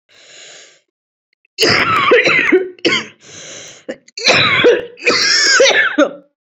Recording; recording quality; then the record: heavy voluntary cough; excellent, no background noise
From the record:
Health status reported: COVID-19 positive, mild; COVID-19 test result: positive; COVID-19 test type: RT-PCR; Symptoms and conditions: cough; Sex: female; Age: 29 years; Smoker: no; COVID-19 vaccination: both doses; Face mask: not worn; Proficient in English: yes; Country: India